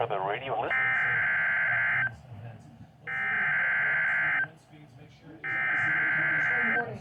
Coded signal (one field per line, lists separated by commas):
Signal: Emergency Alert System (SAME) tones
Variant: header bursts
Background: speech